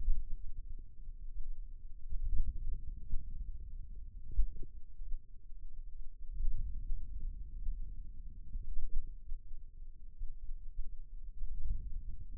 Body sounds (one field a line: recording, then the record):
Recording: forearm muscle sounds (acoustic myography)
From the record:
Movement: hand opening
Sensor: system 2, bracelet of six BSWA MPA416 microphones around the upper forearm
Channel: 3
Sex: male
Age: 22 years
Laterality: right